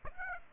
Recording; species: mosquito wingbeat signal from an infrared sensor; Aedes aegypti